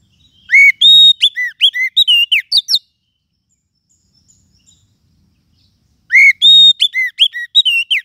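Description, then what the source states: Lovebird calls in two bursts of quick, shrill chirps and whistled notes, separated by a few seconds of silence. Used to lure lovebirds.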